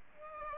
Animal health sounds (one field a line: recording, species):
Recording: mosquito wingbeat signal from an infrared sensor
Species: Aedes aegypti